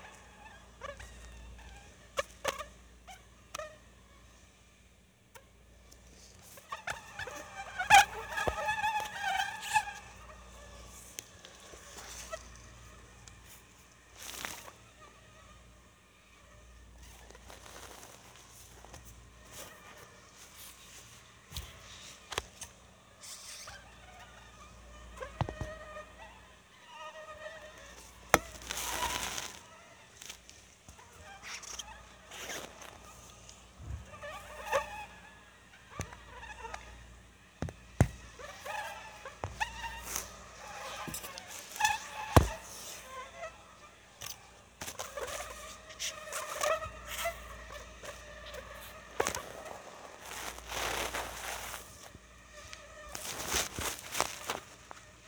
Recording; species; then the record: mosquito flight sound by mobile phone; Anopheles stephensi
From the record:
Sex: mixed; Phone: Sony Xperia